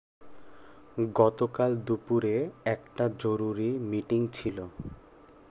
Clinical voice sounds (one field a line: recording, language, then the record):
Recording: elicited speech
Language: Bengali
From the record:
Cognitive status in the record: cognitively healthy